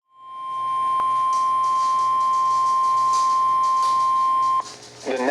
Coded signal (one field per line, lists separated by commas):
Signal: Emergency Alert System (SAME) tones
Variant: 1050 Hz attention tone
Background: speech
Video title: (EAS #406) Severe Thunderstorm Warning (KEC55)